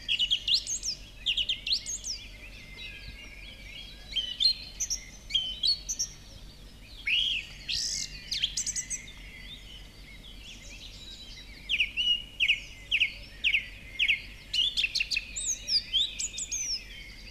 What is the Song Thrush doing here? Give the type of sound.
song